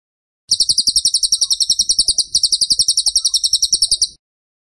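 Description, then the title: Bird song with fast, regular, shrill chirps, continuing for roughly three and a half seconds with a slight dip midway. Masteran (training) recording of a bird singing actively (gacor) with tembakan phrases. "Masteran Burung Tembakan Gacor"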